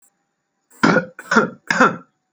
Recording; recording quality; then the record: shallow voluntary cough; excellent, no background noise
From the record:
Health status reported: healthy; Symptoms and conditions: none ticked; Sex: male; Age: 33 years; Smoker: not ticked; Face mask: not worn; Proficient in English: yes